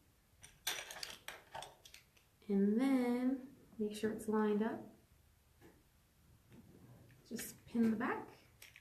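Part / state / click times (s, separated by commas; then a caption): pin back into button pin shell / not seated / none. A metal pin back is handled against an assembled button pin shell that holds an adhesive vinyl image. Sharp light taps and clicks of handling come through early while someone talks. The pin back has not seated or clicked into place yet.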